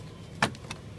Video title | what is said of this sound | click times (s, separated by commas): Casement Crank Install Video | and we're just going to pop it in there | 0.4 s